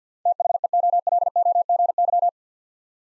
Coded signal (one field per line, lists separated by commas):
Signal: Morse code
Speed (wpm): 50 wpm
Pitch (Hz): 700 Hz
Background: none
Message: THEOLOGY